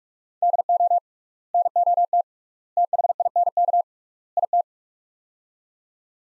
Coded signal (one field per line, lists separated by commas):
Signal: Morse code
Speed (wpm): 46 wpm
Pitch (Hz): 700 Hz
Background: none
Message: DO NOT THINK IT